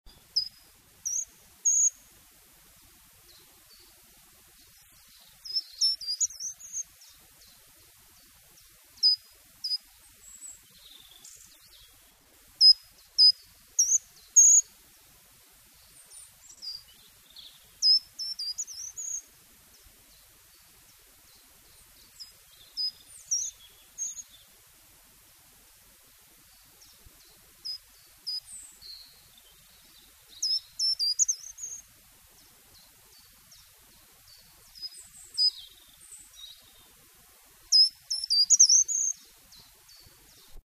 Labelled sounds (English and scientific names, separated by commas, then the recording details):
Short-toed Treecreeper (Certhia brachydactyla), Common Chiffchaff (Phylloscopus collybita)
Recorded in the wild
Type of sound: call sequence, song
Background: Phylloscopus collybita
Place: Erlangen, Bayern, DE
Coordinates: 49.6019, 10.9581
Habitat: pond
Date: 1967-04-01
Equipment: Vollspur
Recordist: Tretzel, Erwin
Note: Neuweiher (Autoparkstreifen), April 1967: Gartenbaumläufer: Rufreihen und Gesang